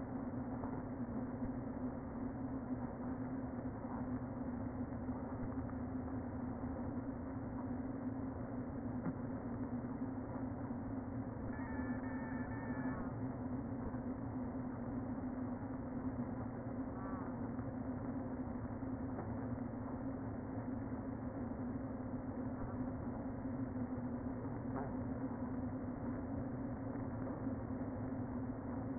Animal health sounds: honeybee colony, microphone inside the hive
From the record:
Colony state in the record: queen present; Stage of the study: before two queens were removed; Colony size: about 60,000 bees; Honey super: yes

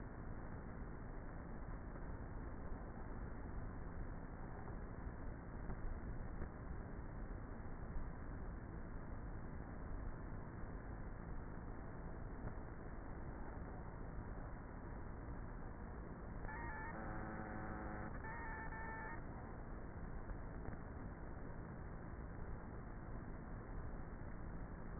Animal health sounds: honeybee colony, microphone inside the hive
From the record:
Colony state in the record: queenless with a low population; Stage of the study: before two queens were removed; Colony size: about 30,000 bees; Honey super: no

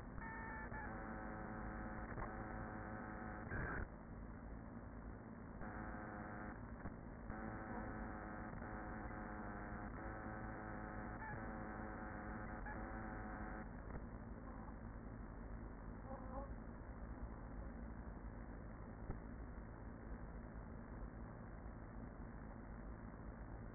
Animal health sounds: honeybee colony, microphone inside the hive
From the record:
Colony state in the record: queen present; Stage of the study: after two queens were removed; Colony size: about 40,000 bees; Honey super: no

